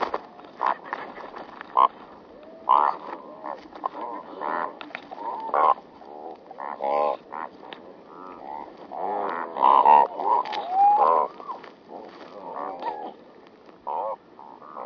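Cormorant calls, a run of throaty, harmonic croaks and grunts coming in irregular bursts throughout.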